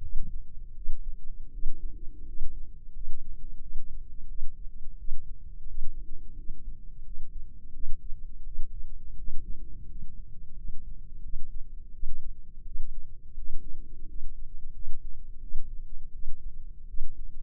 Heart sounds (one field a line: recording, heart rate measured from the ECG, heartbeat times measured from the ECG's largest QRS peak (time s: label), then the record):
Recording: heart sounds by microphone in the left ear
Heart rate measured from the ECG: 85 bpm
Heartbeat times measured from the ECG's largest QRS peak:
0.00 s: heartbeat
0.73 s: heartbeat
1.50 s: heartbeat
2.24 s: heartbeat
2.92 s: heartbeat
3.59 s: heartbeat
4.27 s: heartbeat
4.96 s: heartbeat
5.65 s: heartbeat
6.35 s: heartbeat
7.03 s: heartbeat
7.71 s: heartbeat
8.43 s: heartbeat
9.15 s: heartbeat
9.86 s: heartbeat
10.54 s: heartbeat
11.21 s: heartbeat
11.91 s: heartbeat
12.63 s: heartbeat
13.35 s: heartbeat
14.05 s: heartbeat
14.72 s: heartbeat
15.39 s: heartbeat
16.11 s: heartbeat
16.85 s: heartbeat
From the record:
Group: healthy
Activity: rest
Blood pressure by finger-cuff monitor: 100/57 mmHg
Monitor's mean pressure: 75 mmHg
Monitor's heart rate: 86 bpm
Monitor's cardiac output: 8 L/min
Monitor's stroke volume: 93 mL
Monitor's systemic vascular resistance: 670 dyn s/cm5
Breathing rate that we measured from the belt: 15 breaths a minute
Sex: female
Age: 24 years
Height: 163 cm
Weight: 55.7 kg